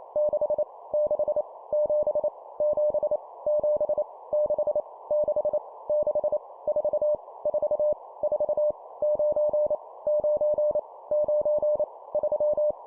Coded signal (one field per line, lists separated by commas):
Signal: Morse code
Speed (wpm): 28 wpm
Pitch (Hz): 600 Hz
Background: none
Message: 6 6 7 7 7 6 6 6 4 4 4 9 9 9 3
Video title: 25wpm Repeat three times Random Number, morse code practice